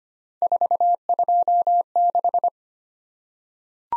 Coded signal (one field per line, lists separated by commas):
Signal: Morse code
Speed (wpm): 25 wpm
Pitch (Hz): 700 Hz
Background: none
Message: 426